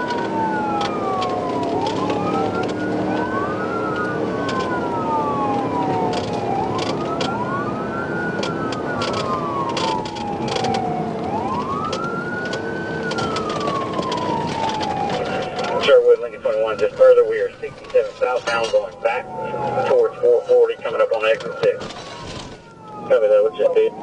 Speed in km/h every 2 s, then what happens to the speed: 95, 100, 109, 105, 103, 89, 79, 74, 53, 35, 29, 53.
0-4 speeds up to 109. 4-19 brakes to 29. 20-24 speeds up to 53.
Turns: none.